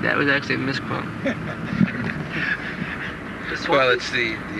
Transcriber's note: Prabhupāda laughs